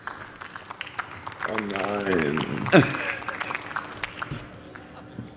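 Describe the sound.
Scattered, sparse applause from a handful of people in the German Bundestag as SPD member Helge Lind is announced as the next speaker, the claps uneven and fairly quiet, with a voice briefly rising over them midway before the clapping thins out.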